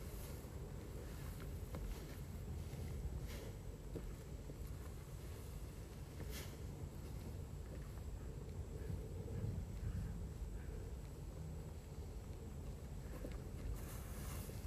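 Rice being harvested with a binder and hung to dry on racks. A steady, dense low engine rumble runs throughout with little change, and brief brighter rustles and clicks pop out near 3, 6.5 and 13 seconds. A faint thin whine sits high above.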